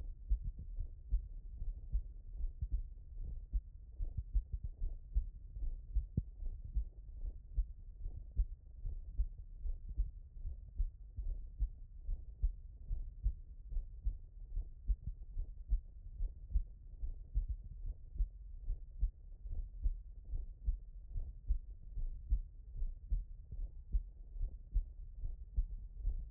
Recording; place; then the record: heart sounds by stethoscope; tricuspid valve (TV)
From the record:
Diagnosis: non-HFrEF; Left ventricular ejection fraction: 48%